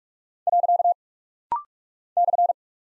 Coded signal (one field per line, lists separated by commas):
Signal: Morse code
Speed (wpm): 46 wpm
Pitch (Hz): 700 Hz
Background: none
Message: . /